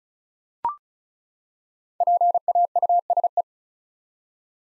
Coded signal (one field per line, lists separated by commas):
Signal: Morse code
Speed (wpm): 36 wpm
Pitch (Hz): 700 Hz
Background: none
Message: PAUSE